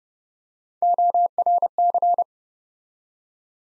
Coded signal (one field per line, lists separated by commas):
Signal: Morse code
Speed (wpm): 30 wpm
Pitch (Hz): 700 Hz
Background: none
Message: ORC